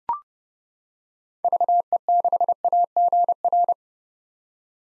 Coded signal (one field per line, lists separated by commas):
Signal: Morse code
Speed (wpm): 29 wpm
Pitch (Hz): 700 Hz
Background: none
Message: VE6AGR